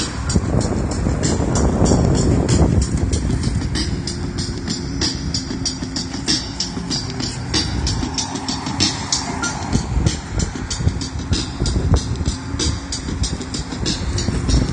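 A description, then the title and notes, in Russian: Riding bicycles along an embankment by a river: a steady, dense rush of wind and road noise fills the low range throughout. Frequent rapid clicks and rattles run across the whole clip, with passing traffic swelling around the first few seconds. Едем на велосипедах по Песочной набережной вдоль малой Невки.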